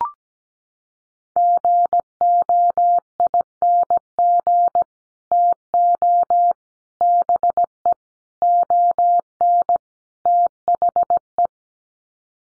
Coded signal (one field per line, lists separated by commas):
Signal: Morse code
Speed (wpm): 17 wpm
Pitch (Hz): 700 Hz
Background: none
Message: GOING TO BE ON THE